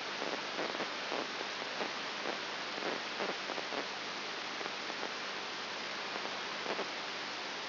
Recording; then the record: brain microelectrode recording played as sound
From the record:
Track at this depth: inside the subthalamic nucleus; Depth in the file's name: 5.1 mm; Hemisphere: right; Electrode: 3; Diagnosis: Parkinson's disease